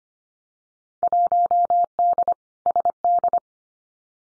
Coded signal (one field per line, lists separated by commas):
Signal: Morse code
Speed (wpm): 25 wpm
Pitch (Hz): 700 Hz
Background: none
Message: 1D SD